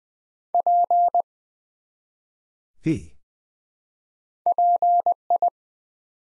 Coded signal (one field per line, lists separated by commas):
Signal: Morse code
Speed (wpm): 20 wpm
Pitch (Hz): 700 Hz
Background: none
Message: P PI